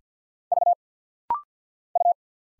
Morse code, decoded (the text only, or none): V U